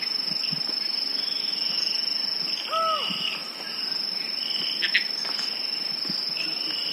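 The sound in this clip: Collared forest falcon giving a single short, arched hooting note against a constant shrill insect chorus.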